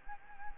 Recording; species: mosquito wingbeat signal from an infrared sensor; Anopheles gambiae